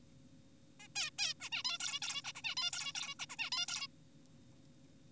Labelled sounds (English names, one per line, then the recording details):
Zebra Finch
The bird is an adult
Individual g4p5U